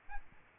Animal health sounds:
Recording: mosquito wingbeat signal from an infrared sensor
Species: Aedes albopictus

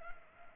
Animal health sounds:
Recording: mosquito wingbeat signal from an infrared sensor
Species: Culex pipiens

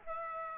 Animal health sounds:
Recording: mosquito wingbeat signal from an infrared sensor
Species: Aedes aegypti

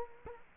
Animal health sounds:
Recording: mosquito wingbeat signal from an infrared sensor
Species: Culex quinquefasciatus

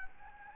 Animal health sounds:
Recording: mosquito wingbeat signal from an infrared sensor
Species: Anopheles gambiae

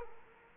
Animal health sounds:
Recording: mosquito wingbeat signal from an infrared sensor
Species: Culex quinquefasciatus

